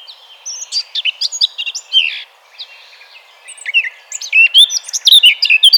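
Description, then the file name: Eurasian blackcap: a scratchy, twittering chatter with short whistled notes, a quiet pause, then a louder, clear warbling phrase to finish. "Sylvia atricapilla 180115"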